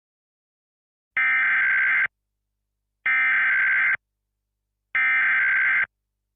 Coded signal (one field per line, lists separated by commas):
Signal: Emergency Alert System (SAME) tones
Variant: header bursts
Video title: EAS Scenario: The EPA Dome (MY LAST VIDEO IN JULY)